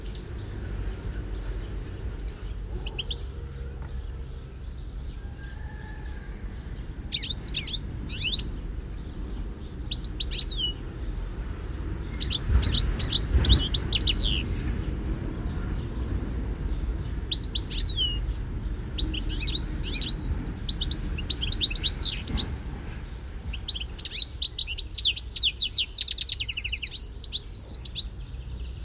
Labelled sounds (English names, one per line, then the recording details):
European Goldfinch song
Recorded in the wild
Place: Techentin, Mecklenburg-Vorpommern, DE
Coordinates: 53.587, 11.989
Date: 1972-06-14
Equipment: Nagra III BH, Sennheiser MD 21, parabola
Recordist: Schubert, Michael